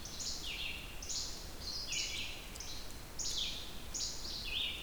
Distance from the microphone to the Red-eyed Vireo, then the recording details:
about 40 m. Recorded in boreal forest in Alberta, Canada, on 28 June 2016 at 07:39. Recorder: SongMeter 3, array SBT-6-79. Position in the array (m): 108 m, 212 m